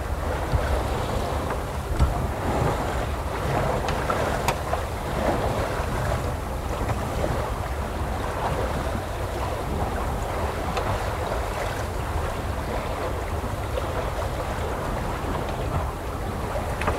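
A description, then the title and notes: Sailboat ambience with a steady, dense wash of water rushing along the hull and a deep rumble underneath. Wind noise runs throughout, with small splashes and knocks scattered across the seventeen seconds and one sharp tick near the four-second mark. Sailboat ambience.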